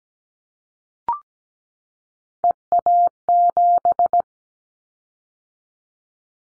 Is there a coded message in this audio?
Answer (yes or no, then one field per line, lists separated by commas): yes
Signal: Morse code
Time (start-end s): 2.4-4.2 s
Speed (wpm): 17 wpm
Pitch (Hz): 700 Hz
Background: none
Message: EA7